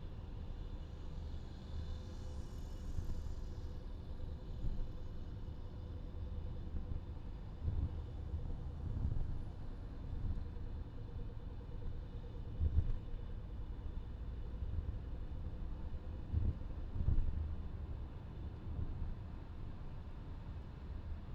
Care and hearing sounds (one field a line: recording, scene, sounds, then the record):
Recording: everyday scene through a hearing-aid microphone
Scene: in a vehicle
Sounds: engine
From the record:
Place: VW T5 Caravelle, diesel engine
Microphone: in the ear canal, left